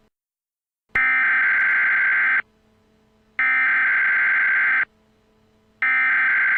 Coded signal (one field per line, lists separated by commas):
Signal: Emergency Alert System (SAME) tones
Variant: header bursts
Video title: Fake EAS Test